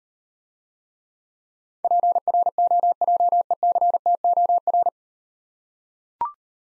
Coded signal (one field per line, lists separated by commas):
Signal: Morse code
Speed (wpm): 38 wpm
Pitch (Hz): 700 Hz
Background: none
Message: PROJECTOR